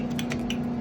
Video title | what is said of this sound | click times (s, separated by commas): Easiest way to install a new shower valve without a soldier gun 🧐@constructionhacks9293 | Okay, that one's locked into place. | 0.2 s, 0.3 s, 0.5 s